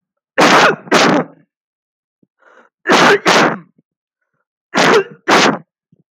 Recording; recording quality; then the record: heavy voluntary cough; moderate, slight background noise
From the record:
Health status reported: healthy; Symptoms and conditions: none ticked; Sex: male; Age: 29 years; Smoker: not ticked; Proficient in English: yes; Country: India